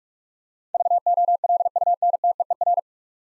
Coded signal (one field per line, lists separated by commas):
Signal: Morse code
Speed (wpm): 46 wpm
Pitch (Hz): 700 Hz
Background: none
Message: VOLUNTEER